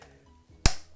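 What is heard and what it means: The detached plastic tail of a Mattel Jurassic World Camp Cretaceous Roar Attack Ouranosaurus dinosaur figure, which comes unattached in the packaging, is pushed into its socket in the figure's body. After a quiet stretch, a single sharp, loud plastic click at 0.7 s rings out and fades over about 0.2 s. The tail is seated in place as a one-time assembly that cannot be taken back out.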